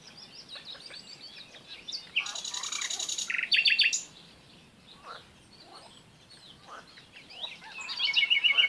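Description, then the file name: Common nightingale song phrases: a dry buzzing burst, then a fast stuttering trill, a quiet gap with soft background chirps, and a rapid repeated-note trill at the close. "Luscinia megarhynchos"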